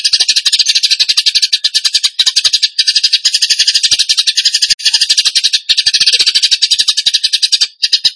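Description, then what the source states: Bird giving continuous scratchy, rattling high chatter made of rapid notes, broken into bursts by brief gaps of silence. Song in the 'tembakan gacor' style, used to train other birds.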